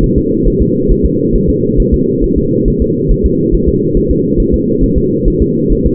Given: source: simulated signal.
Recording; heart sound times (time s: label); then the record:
fetal heart sounds
0.04 s: S1
0.18 s: S2
0.47 s: S1
0.62 s: S2
0.91 s: S1
1.06 s: S2
1.35 s: S1
1.50 s: S2
1.80 s: S1
1.94 s: S2
2.24 s: S1
2.38 s: S2
2.68 s: S1
2.82 s: S2
3.12 s: S1
3.26 s: S2
3.54 s: S1
3.69 s: S2
3.97 s: S1
4.11 s: S2
4.40 s: S1
4.54 s: S2
4.83 s: S1
4.98 s: S2
5.28 s: S1
5.42 s: S2
5.72 s: S1
5.87 s: S2
From the record:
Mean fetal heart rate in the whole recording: 135 bpm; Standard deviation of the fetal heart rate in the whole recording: 3 bpm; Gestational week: 36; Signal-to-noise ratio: -11.2 dB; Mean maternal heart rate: 72 bpm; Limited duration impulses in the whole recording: present